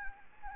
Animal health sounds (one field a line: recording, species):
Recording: mosquito wingbeat signal from an infrared sensor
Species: Anopheles gambiae